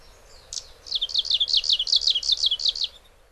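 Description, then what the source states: Japanese leaf warbler song: a rapid, even run of about a dozen high, buzzy chevron notes lasting two seconds, with a quiet low rumble beneath. Recorded in Hyogo.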